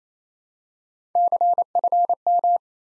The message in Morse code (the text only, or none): CFM